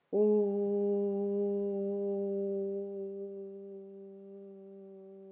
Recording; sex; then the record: sustained vowel /u/; female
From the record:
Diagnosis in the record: healthy control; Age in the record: 63 years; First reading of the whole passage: 70 s, 6.7 characters per second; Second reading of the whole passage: 71 s, 6.6 characters per second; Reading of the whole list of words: 45 s, 6.3 characters per second